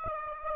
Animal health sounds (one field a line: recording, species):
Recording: mosquito wingbeat signal from an infrared sensor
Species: Aedes aegypti